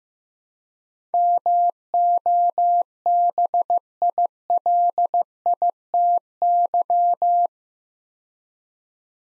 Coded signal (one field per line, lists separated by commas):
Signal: Morse code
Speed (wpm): 15 wpm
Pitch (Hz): 700 Hz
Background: none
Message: MOBILITY